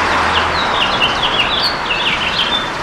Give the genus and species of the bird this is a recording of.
Haemorhous mexicanus